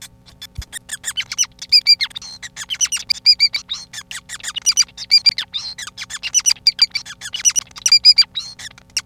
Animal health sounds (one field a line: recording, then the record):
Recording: song of a male Bengalese finch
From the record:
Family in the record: son of father 5